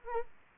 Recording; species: mosquito wingbeat signal from an infrared sensor; Anopheles arabiensis